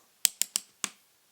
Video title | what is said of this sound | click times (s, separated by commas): Farexon Electric Standing Desk - Assembly and Review | can hear those clicking into place almost like little zip ties | 0.2 s, 0.4 s, 0.6 s, 0.8 s